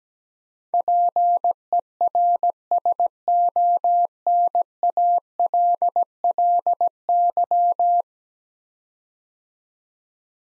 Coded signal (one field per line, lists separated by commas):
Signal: Morse code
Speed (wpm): 17 wpm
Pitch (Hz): 700 Hz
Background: none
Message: PERSONALLY